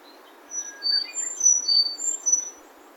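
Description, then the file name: Sakhalin leaf warbler song: a quick run of very high, thin whistled notes, some slurred, over about two seconds, with fainter lower chirps beneath and a steady background hiss. Recorded in Kitamoto city on 28 April 2021. "エゾムシクイ 210428 北本市"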